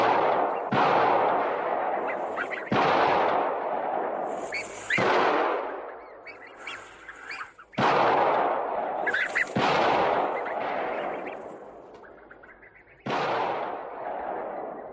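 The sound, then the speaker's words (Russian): Half a dozen shotgun blasts from a duck hunt, men shooting at ducks flying up from the reeds, each a loud, sharp crack with a long rumbling tail, fired at uneven intervals. No one speaks. “Мужчины бьют с подхода, стреляют по уткам, взлетающим из камышей.”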